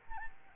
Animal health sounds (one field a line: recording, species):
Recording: mosquito wingbeat signal from an infrared sensor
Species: Aedes albopictus